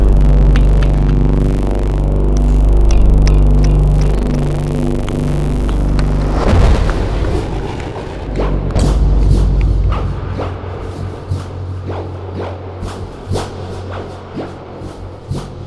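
A dark cinematic synth drone pulses in heavy, stepped low tones for the first six seconds, then a loud impact hits around 6.5 seconds. Afterward a quieter low rumble continues under scattered sharp clicks and small hits that flicker irregularly to the end.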